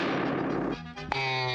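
gunshot

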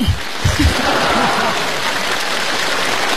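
audience applause

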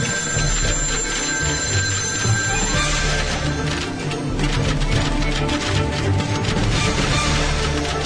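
telephone ringing

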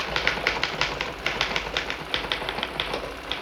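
typewriter clattering

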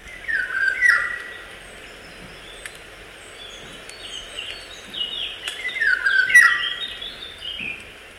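eurasian golden oriole song

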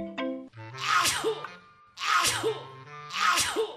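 sneezing fit

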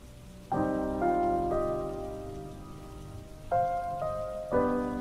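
heavy rain pouring down

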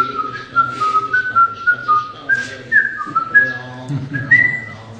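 person whistling

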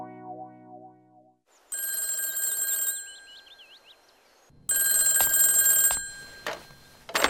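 telephone ringing

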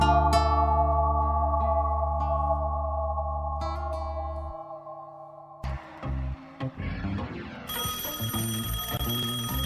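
telephone ringing

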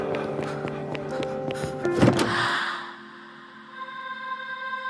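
house door being opened

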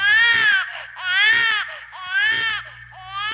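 baby crying

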